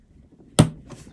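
A long-untouched metal screw in the transport chassis of a Nakamichi ZX-9 cassette deck is turned with a Vessel screwdriver. Its first turn breaks it free with a single sharp pop at 0.6 s, followed by a short ringing tail. The pop shows the factory screw had never been removed before, as the old grease inside also suggested.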